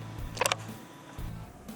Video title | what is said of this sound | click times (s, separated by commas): (PC 튜닝) 4핀 팬 케이블 자작하기 (Farbwerk에 RGB 피팅 연결하기 #1) | 딱 소리가 나면 된 거예요 | 0.5 s